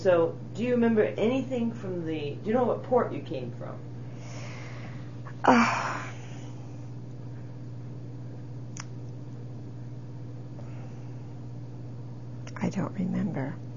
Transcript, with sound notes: So, do you remember anything from the, do you know what port you came from?
( she sighs ) I don't remember.